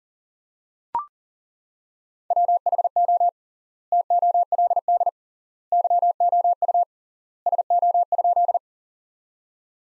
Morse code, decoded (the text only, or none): WHO TOLD YOU SO?